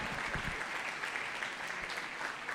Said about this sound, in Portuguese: Aplaudam o Senhor pela vida deles.